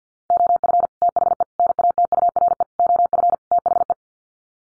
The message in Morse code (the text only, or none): OF THE NATURE OF THE